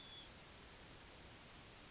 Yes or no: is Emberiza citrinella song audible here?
no